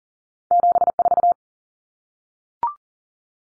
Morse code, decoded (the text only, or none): 74